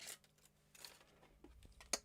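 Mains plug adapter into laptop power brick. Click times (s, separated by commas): 1.9 s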